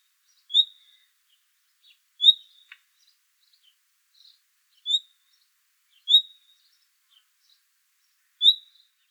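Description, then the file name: Common nightingale whistles a short, high note five times at irregular intervals, with faint soft ticks in between. "Luscinia megarhynchos"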